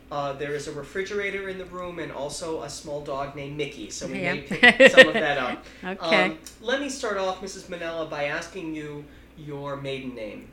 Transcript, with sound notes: There is a refrigerator in the room, and also a small dog named Mickey, so we may be picking some of that up.
( she laughs ) Okay.
Let me start off, Mrs. Manella, by asking you your maiden name.